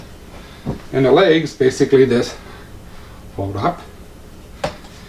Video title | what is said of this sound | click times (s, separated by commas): Caldwell Deadshot Chairpod | lock into place back | 4.6 s